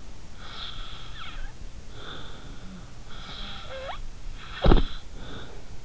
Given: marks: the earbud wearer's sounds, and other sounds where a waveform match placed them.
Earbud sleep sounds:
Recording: sounds in sleep by an in-ear microphone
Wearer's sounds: snoring breath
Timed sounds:
0.43-2.72 s: snoring breath
2.39-4.06 s: sound from someone else or the room
3.11-5.67 s: snoring breath

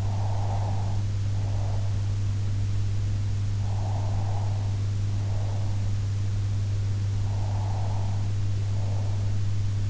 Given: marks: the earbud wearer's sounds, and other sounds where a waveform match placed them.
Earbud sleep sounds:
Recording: sounds in sleep by an in-ear microphone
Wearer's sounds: breath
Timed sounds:
0.00-1.97 s: breath
3.80-6.00 s: breath
7.20-9.57 s: breath

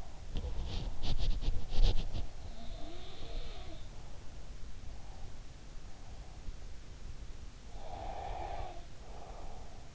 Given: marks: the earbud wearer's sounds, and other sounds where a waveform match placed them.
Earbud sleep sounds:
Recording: sounds in sleep by an in-ear microphone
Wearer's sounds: body movement, breath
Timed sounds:
0.00-2.19 s: body movement
2.63-4.09 s: sound from someone else or the room
4.88-6.59 s: breath
7.76-9.89 s: breath

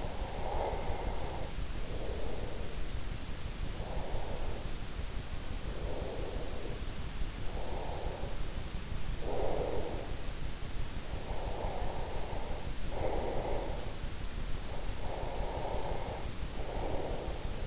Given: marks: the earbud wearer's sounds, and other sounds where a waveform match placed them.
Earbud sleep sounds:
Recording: sounds in sleep by an in-ear microphone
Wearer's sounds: breath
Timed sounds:
0.07-3.27 s: breath
3.96-6.82 s: breath
7.39-10.42 s: breath
11.16-17.67 s: breath

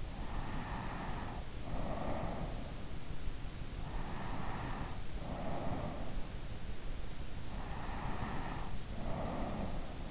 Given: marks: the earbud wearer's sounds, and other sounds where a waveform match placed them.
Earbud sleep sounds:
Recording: sounds in sleep by an in-ear microphone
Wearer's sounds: breath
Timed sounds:
0.00-3.15 s: breath
3.82-6.39 s: breath
7.76-10.10 s: breath

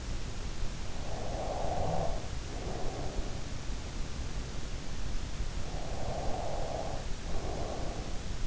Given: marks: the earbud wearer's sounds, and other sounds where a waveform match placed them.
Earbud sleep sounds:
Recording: sounds in sleep by an in-ear microphone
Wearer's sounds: breath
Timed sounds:
0.97-3.40 s: breath
5.56-8.47 s: breath

